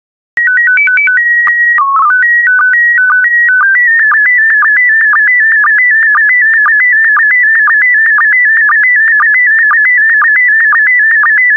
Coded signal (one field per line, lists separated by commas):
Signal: SSTV (slow-scan television)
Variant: PD 120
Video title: 65070 Japan Volume I SSTV PD120